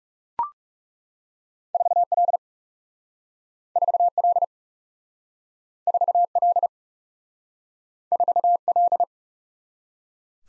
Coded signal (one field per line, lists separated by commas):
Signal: Morse code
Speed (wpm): 37 wpm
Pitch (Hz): 700 Hz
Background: none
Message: 4L 4L 4L 4L